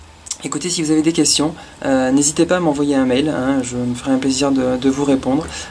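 The clip on the protective cover of a small portable barometer-altimeter is closed, giving a single sharp click at 0.3 s as the case clips shut. Someone then talks for the rest of the clip.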